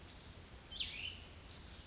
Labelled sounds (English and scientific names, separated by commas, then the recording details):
Cassin's Vireo (Vireo cassinii)
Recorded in Sonoma County, California